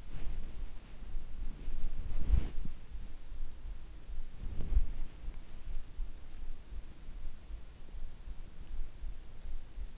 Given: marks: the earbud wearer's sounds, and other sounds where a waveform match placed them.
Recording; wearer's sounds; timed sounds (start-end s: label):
sounds in sleep by an in-ear microphone; body movement
0.00-5.23 s: body movement